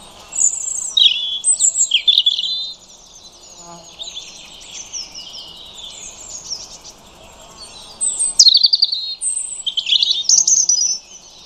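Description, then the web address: European robin song: thin, high, varied warbling phrases with trills and sliding whistles, loud bursts at the start and near the end, a quieter stretch between. "Deverinetal 2025 File origin Bird Only Er Ru"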